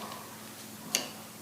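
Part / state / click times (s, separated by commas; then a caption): LEGO brick piece into the brick-built pistol body / seated / 0.9 s. A plastic LEGO brick piece is pressed onto the body of a brick-built pistol with the pieces lined up. A single short, sharp snap sounds at 0.9 s over a quiet, steady background. The piece seats and snaps into place.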